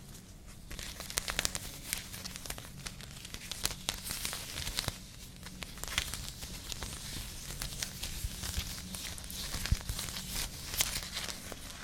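Fingernails scratch and rake through a crocheted bag, making a steady, dense run of dry scratchy rustling with frequent sharp clicks and snaps. The scraping continues without pause for the whole stretch, with a low hum underneath.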